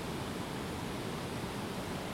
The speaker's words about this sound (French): L'eau qu'on entend, bah, c'est une rivière, hein, comme d'habitude. On aime l'eau.